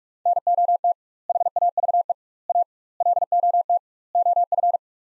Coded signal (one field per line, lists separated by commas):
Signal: Morse code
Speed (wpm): 46 wpm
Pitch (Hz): 700 Hz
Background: none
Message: NOT HAVE A LOT OF